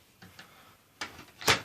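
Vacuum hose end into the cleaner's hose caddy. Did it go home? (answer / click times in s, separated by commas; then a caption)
no / none. The plastic hose end of a Hoover Elite II Total System Performance 430 U4617 vacuum cleaner is pushed back into its storage caddy on the cleaner's body. Faint plastic knocks come at about 0.2 and 0.4 seconds, a sharper knock at 1.0 seconds, and the loudest, broad knock around 1.4–1.5 seconds. Nothing has seated or clicked yet.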